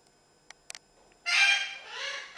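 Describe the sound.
Parrot call: a few faint clicks, then one long, harsh, grating squawk lasting about a second.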